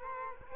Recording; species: mosquito wingbeat signal from an infrared sensor; Culex quinquefasciatus